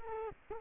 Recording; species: mosquito wingbeat signal from an infrared sensor; Culex quinquefasciatus